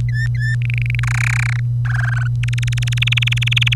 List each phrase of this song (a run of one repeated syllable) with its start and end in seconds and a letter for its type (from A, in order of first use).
0.09-0.55 A, 0.61-0.99 B, 1.03-1.60 C, 1.85-2.27 D, 2.43-3.74 E